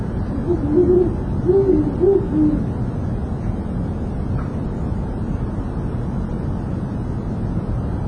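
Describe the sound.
Owl hooting, a short run of low wavering hoots in the first two and a half seconds, then only steady low rumbling background noise.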